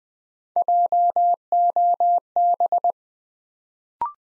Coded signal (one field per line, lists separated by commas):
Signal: Morse code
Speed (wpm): 20 wpm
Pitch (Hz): 700 Hz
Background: none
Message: JOB